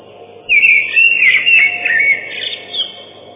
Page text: Дрозд белозобый (Turdus torquatus)